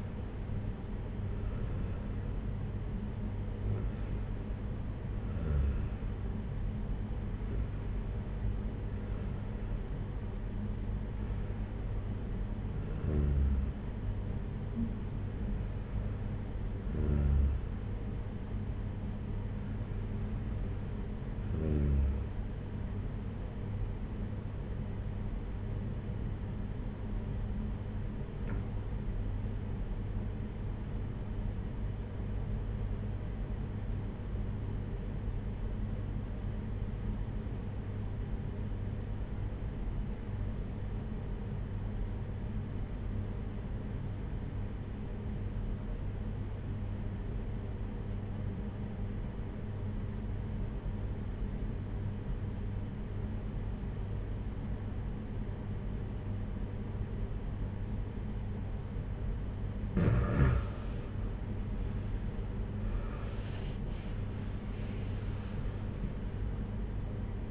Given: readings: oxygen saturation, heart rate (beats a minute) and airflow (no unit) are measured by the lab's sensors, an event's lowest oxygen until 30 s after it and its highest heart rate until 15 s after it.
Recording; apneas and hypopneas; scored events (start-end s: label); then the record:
breathing in sleep by a smartphone at the bedside; 1
25.00-61.70 s: obstructive apnea (REM, oxygen 96% highest, then 85% lowest, heart rate 60 at the start, 79 highest)
From the record:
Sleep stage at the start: REM sleep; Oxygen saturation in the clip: 88 to 96%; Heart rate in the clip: 53 to 79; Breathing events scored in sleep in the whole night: 226 in 8.8 hours asleep